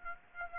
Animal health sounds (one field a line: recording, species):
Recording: mosquito wingbeat signal from an infrared sensor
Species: Aedes aegypti